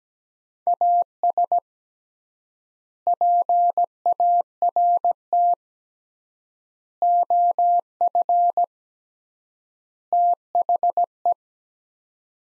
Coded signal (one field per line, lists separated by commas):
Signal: Morse code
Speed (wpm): 17 wpm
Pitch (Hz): 700 Hz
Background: none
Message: AS PART OF THE